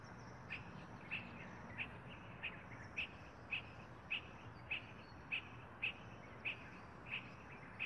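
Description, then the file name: Spot-flanked barbet calling in a steady sequence of brief notes roughly every 0.6 seconds, over a hissy, noisy background. "Tricholaema lacrymosa - Spot-flanked Barbet"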